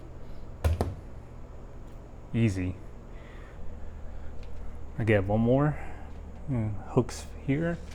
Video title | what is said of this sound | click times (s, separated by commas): DIY 2014-2018 Subaru Forester Windshield Wiper Replacement - Easy Car Maintenance 🚗🛠️💦 | push it all the way in and it should click in place. There you go. | 0.7 s, 0.8 s